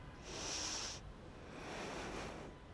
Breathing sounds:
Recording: one breath in and out by a microphone near the nose and mouth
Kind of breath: deep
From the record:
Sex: female

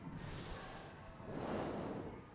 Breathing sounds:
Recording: one breath in and out by a microphone near the nose and mouth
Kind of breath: normal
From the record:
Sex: male

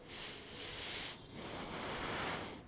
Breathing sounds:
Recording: one breath in and out by a microphone near the nose and mouth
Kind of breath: deep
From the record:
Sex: male

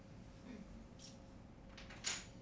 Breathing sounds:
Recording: one breath in and out by a microphone near the nose and mouth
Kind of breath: normal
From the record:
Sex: male

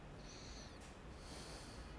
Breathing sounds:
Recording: one breath in and out by a microphone near the nose and mouth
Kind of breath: deep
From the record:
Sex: male

